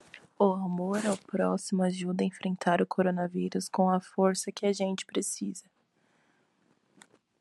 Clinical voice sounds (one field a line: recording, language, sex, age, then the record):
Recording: spoken sentence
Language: Brazilian Portuguese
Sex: female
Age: 20 to 29 years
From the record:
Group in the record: control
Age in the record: 23 years